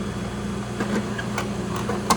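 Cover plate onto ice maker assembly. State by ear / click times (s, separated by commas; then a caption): seated / 2.1 s. A plastic cover plate is pressed onto the top of the ice maker assembly of a Manitowoc ice machine being reassembled after cleaning. A few light knocks sound around 1.2 and 1.4 s over a steady low machine hum, then a sharp click at 2.1 s as the cover plate locks into place.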